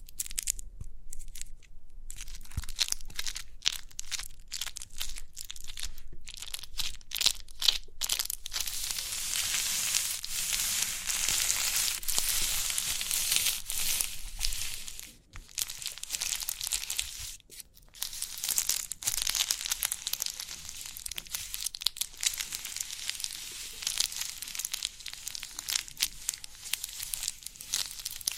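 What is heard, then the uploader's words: Crinkly pimple popping: dense, bright crackling and crinkling runs almost without pause, with short gaps in the first two seconds and near 15 and 17 seconds. The texture stays busy and hissy throughout, louder and fuller through the middle stretch. Crinkly Pimple Popping.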